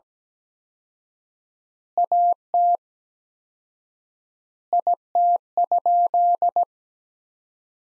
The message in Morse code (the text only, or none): AT IT?